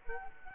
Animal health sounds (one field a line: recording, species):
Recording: mosquito wingbeat signal from an infrared sensor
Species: Culex quinquefasciatus